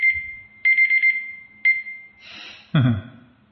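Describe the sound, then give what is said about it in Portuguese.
A timer alarm beeps in a few bursts of rapid, high-pitched electronic tones, followed by a breathy exhale and a brief, loud vocal sound. “É o temporizador, tá?”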